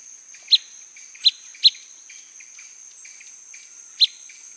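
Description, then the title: Blackish pewee calling with short, emphatic pips, three in quick succession then one more after a pause, against a constant shrill insect hum. Subspecies canescens, assumed from the recording location. "LuckyPassaro Completos2Sama. Blackish Pewee (Contopus nigrescens canescens (ssp assumed from location))"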